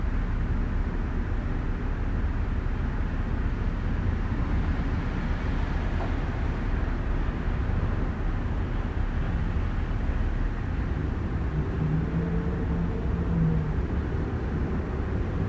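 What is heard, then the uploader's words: Steady wind roars over a dense, low city hum, the mix thick and unbroken throughout. Traffic rumbles underneath without clear individual passes. Near the end, a faint tonal drone rises briefly, like an engine, at about twelve to fourteen seconds. Windy Night, Windy City. The normally ever-present hum of the busy downtown takes a backseat to gusts of wind howling past concrete and glass. From high above, the world vibrates and the street traffic below starts to fade in a cadence similar to that of the passing gale.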